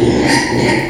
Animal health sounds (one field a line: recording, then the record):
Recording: squeal of a Yucatan mini pig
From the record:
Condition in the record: before surgery on the right vocal fold (resection and tissue-engineered implant)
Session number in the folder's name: 2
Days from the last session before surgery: 0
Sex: male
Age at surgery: 12 weeks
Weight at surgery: 13 kg